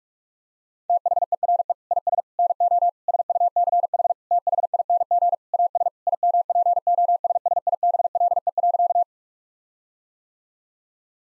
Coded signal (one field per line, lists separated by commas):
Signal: Morse code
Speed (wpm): 41 wpm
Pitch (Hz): 700 Hz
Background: none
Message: THERE IS NO SUCH THING AS IMPOSSIBLE.